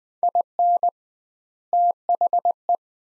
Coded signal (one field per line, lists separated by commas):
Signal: Morse code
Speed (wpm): 21 wpm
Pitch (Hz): 700 Hz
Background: none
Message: IN THE